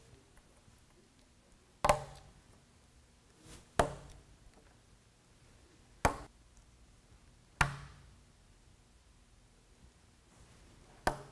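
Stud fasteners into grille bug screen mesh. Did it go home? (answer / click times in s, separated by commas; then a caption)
yes / 1.8 s, 3.8 s, 6.0 s, 7.6 s, 11.1 s. Plastic 3M stick-on stud fasteners are snapped one by one into the mesh of a Fia front grille bug screen before it is mounted on the grille. Five sharp snaps ring out at 1.9, 3.8, 6.1, 7.6 and 11.1 seconds, each decaying quickly into quiet. All the fasteners end up seated in the screen.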